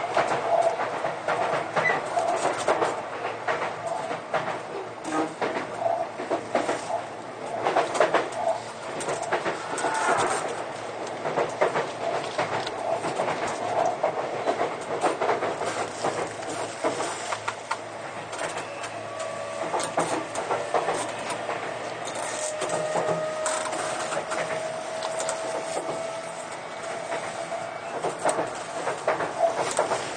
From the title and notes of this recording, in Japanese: 相鉄20000系 横浜ー湘南台。快速に乗車し、録音。